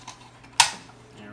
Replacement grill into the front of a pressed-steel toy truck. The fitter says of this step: Slide it into the slots, push it in until you hear it click.